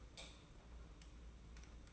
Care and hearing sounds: daily activity, microphone in the room; light off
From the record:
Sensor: 1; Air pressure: 991.9 hPa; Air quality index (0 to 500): 212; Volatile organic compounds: 1000 ppm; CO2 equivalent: 8247 ppm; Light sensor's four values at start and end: 12/31/12/13 and 10/22/9/10

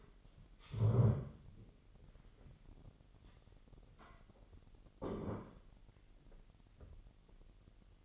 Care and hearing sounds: daily activity, microphone in the room; stand up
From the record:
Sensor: 4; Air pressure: 999.3 hPa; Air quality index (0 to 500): 114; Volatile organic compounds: 2 ppm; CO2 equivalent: 1125 ppm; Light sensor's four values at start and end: 12/29/12/12 and 12/29/11/12

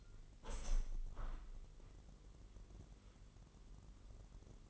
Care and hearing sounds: daily activity, microphone in the room; open window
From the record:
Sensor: 4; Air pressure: 999.3 hPa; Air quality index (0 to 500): 113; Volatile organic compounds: 2 ppm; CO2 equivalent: 1118 ppm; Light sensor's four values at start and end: 14/34/14/16 and 14/34/14/15

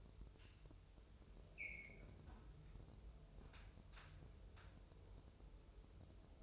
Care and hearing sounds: daily activity, microphone in the room; close fridge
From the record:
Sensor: 2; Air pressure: 988.3 hPa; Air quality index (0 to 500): 192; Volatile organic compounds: 190 ppm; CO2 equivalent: 4179 ppm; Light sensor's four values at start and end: 21/71/27/26 and 21/70/27/26

